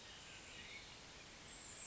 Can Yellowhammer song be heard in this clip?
no